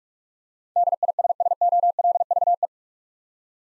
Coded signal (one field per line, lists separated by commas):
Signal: Morse code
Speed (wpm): 45 wpm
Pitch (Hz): 700 Hz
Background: none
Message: DISSOLVE